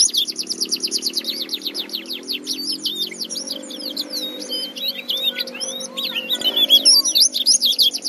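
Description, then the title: White-eye twittering song of quick, high, repeated chirps and sweeping slurs, several notes a second, with a faint low hum beneath. "Pleci"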